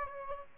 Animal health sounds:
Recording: mosquito wingbeat signal from an infrared sensor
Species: Aedes aegypti

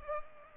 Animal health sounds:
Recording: mosquito wingbeat signal from an infrared sensor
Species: Culex pipiens

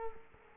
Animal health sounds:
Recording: mosquito wingbeat signal from an infrared sensor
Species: Culex quinquefasciatus

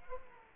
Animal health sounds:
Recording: mosquito wingbeat signal from an infrared sensor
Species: Culex quinquefasciatus

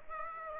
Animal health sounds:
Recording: mosquito wingbeat signal from an infrared sensor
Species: Aedes aegypti

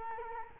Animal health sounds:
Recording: mosquito wingbeat signal from an infrared sensor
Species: Culex quinquefasciatus

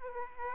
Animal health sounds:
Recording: mosquito wingbeat signal from an infrared sensor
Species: Aedes aegypti

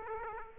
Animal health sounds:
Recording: mosquito wingbeat signal from an infrared sensor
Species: Aedes aegypti

